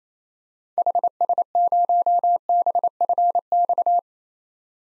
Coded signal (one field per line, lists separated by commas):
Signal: Morse code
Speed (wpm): 28 wpm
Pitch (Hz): 700 Hz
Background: none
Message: HS0BFX